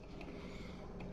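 Crimped metal terminals on Corsair Link RGB fan extension wires are pushed into a plastic Molex connector housing over a steady background hum. Two short, sharp snaps are heard at 0.2 s and 1.0 s as the terminals seat. The terminals end up all snapped in place and secure.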